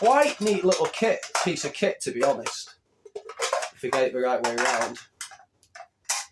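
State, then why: Seated. Someone talks while turning a metal camping cookware piece the right way round and fitting it onto its camping kettle and pot set. A short metallic tick is followed by a louder clack at 6.1 s as the piece goes home and locks into place, fully seated.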